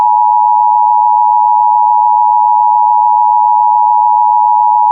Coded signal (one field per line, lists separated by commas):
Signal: Emergency Alert System (SAME) tones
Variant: 853 and 960 Hz attention tone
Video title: Emergency Alert System - Flash Flood Warning - 9/26/2024 9:20pm